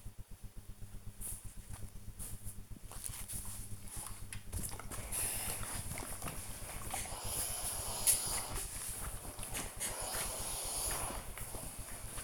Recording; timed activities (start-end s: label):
household activities, microphone on the right wrist
7.71-12.24 s: ironing laundry